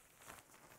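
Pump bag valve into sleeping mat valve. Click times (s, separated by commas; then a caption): 0.3 s. The plastic valve of an inflation pump bag is pushed into the one-way valve on a Helsport Scouter sleeping mat. It clicks into place at 0.3 s, followed by a short, sharp hit, and the pump bag valve is seated in the mat valve.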